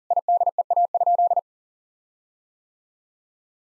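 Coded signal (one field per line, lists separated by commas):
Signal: Morse code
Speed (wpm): 40 wpm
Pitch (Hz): 700 Hz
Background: none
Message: IDEA?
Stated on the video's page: Morse code head-copy practice sending common eight-word-phrase sentences at 40 wpm; each sentence is sent twice.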